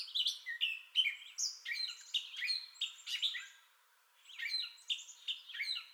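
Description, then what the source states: Gray catbird song of mixed whistles and scratchy notes, delivered in quick varied phrases, with a short silent break near the middle before the jumble resumes. Entire song bout, recorded 30 May 2021.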